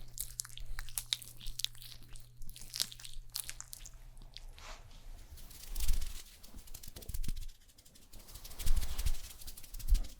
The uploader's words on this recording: ASMR Doing Your MINT Makeup (Fast & Aggressive Layered Sounds) NO TALKING.